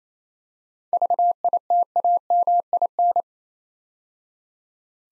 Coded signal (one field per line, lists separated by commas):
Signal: Morse code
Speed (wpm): 27 wpm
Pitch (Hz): 700 Hz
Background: none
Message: VITAMIN